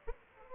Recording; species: mosquito wingbeat signal from an infrared sensor; Aedes aegypti